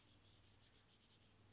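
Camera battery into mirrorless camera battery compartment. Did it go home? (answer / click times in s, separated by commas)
no / none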